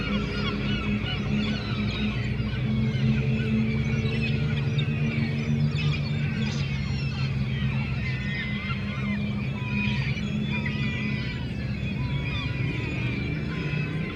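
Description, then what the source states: Gulls calling in a dense overlapping chorus of harsh, wavering cries, over a steady low engine rumble throughout. Seagulls at harbour quay, Le Tréport, France, mixed with passing motorcycles; recorded with DPA 4060 microphones in AB position into a Zoom F3.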